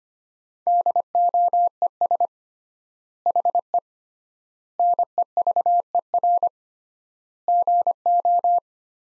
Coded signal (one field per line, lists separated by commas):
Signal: Morse code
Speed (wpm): 25 wpm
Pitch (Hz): 700 Hz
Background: none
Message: DOES HE NEVER GO